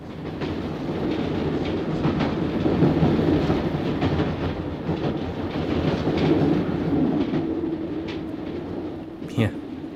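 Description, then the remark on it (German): A steady low rumble of a train bound for Sea Valley rolling along the tracks, with faint rhythmic clicks of wheels over rail joints and a brief sharp squeak near the end. “Da saß ich nun also im Zug nach Sea Valley.”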